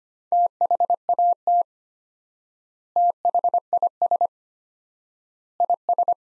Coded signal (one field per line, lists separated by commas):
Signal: Morse code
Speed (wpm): 25 wpm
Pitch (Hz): 700 Hz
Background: none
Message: THAT THIS IS